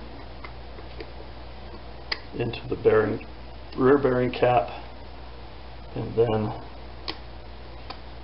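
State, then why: Seated. A rear bearing cap is pressed back onto a bathroom exhaust fan motor, over the armature shaft. Someone talks while faint ticks sound, and the cap snaps into place with a sharp click at 7.1 seconds, seating on the motor housing.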